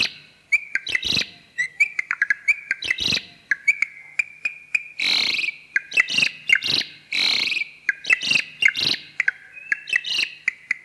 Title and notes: Jalak Uren bird sounds